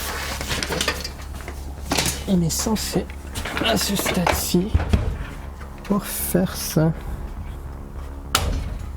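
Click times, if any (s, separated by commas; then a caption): 8.4 s. Someone talks while pulling the plastic front panel off a new PC case, where it is clipped on, possibly tight because the case is new. A single loud, sharp snap at 8.4 s marks the clips letting go and the panel popping off.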